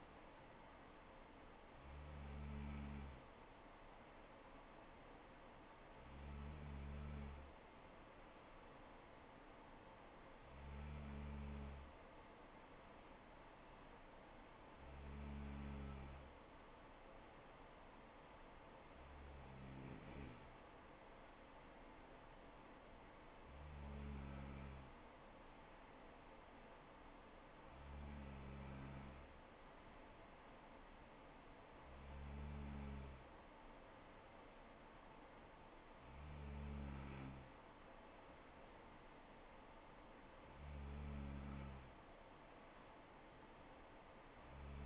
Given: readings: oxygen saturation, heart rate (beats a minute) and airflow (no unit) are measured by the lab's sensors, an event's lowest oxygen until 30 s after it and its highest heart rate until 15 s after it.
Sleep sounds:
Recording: breathing in sleep by a voice recorder at the bedside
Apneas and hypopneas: none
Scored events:
none scored
From the record:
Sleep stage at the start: N2 (light sleep)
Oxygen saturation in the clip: 95%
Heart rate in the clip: 64 to 68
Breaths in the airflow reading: 11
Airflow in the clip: -3.7 to 3.2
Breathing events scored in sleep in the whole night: 79 in 6.3 hours asleep

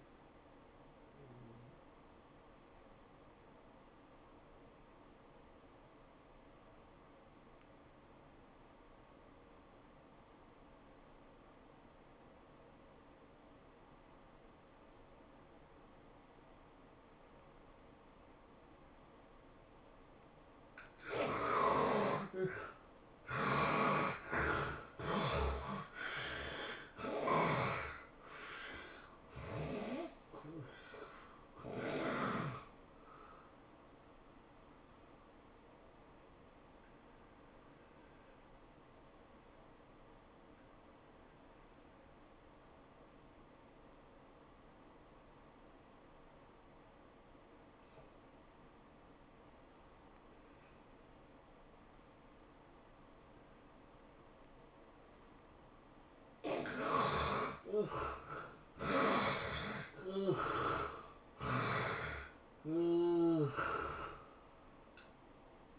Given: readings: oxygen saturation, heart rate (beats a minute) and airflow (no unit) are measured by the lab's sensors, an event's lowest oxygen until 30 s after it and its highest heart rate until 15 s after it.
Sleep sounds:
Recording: breathing in sleep by a voice recorder at the bedside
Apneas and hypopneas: 2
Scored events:
4.00-23.70 s: obstructive apnea (N2, oxygen 96% highest, then 70% lowest, heart rate 90 at the start, 110 highest)
24.00-65.79 s: new sleep stage, N1 (lightest sleep)
34.00-55.30 s: hypopnea (N1, oxygen 96% highest, then 73% lowest, heart rate 110 at the start, 110 highest)
From the record:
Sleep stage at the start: N2 (light sleep)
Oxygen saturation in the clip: 68 to 96%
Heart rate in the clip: 76 to 110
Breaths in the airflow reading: 10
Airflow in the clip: -13.6 to 12.1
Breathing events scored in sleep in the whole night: 403 in 5.5 hours asleep

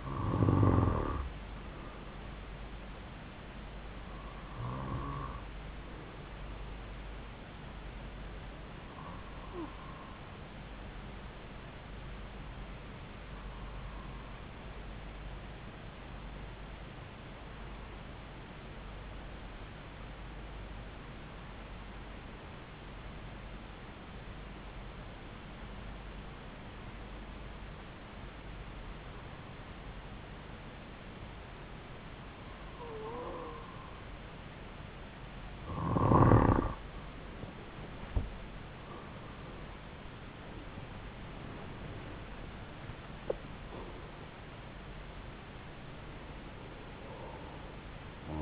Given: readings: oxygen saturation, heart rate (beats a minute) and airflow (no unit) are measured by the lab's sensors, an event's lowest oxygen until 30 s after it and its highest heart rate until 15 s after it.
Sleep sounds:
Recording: breathing in sleep by a voice recorder at the bedside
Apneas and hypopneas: 1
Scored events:
13.00-35.30 s: hypopnea (N2, oxygen 96% highest, then 92% lowest)
From the record:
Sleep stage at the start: N2 (light sleep)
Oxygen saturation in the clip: 92 to 96%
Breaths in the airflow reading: 12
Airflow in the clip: -4.9 to 10.8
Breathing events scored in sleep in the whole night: 270 in 6.1 hours asleep

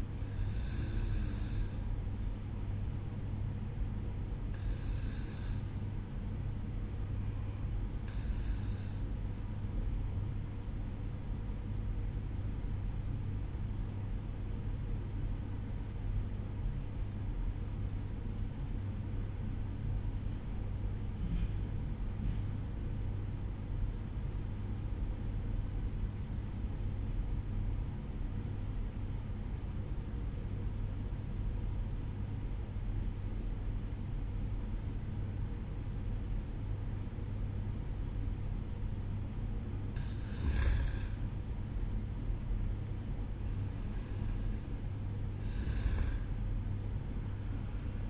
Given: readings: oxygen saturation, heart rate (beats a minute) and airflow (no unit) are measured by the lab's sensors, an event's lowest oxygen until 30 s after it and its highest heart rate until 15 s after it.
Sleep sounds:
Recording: breathing in sleep by a smartphone at the bedside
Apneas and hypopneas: 1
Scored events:
6.00-38.50 s: obstructive apnea (N1, oxygen 95% highest, then 92% lowest, heart rate 56 at the start, 62 highest)
From the record:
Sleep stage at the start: N1 (lightest sleep)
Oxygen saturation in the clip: 92 to 95%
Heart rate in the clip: 55 to 62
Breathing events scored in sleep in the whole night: 305 in 9.6 hours asleep

